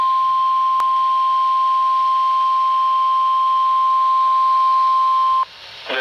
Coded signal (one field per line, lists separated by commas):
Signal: Emergency Alert System (SAME) tones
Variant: 1050 Hz attention tone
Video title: Severe Thunderstorm Warning (EAS #432).